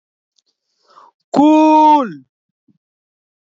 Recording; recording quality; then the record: sustained vowel as in boot; moderate, slight background noise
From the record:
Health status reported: healthy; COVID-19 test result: negative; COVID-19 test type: RT-PCR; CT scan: not taken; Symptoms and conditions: none ticked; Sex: male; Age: 26 years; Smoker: no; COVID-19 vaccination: both doses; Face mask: worn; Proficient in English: no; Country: India